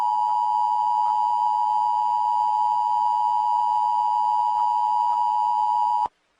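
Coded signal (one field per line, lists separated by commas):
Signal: Emergency Alert System (SAME) tones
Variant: 853 and 960 Hz attention tone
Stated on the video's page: EAS prank.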